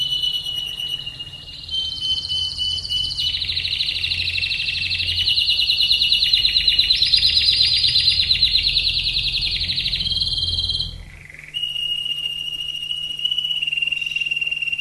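Canary song: loud rolling trills blend with steady whistles for about eleven seconds, a brief pause with a lower note, then a long level whistle.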